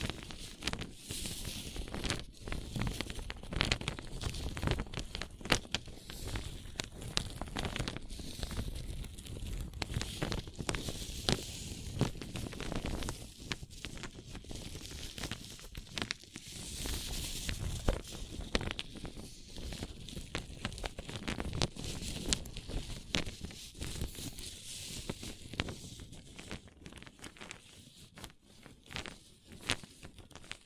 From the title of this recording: Paper Cup Tingles